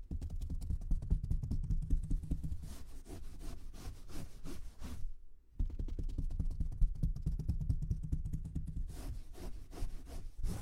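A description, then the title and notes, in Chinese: A head and shoulder massage: dense, rapid rubbing and patting strokes over a muffled low thumping. The sound stops briefly just after five seconds, then resumes at the same busy pace, with brighter swishing bursts around three and nine seconds. 为弟弟做头部肩部按摩。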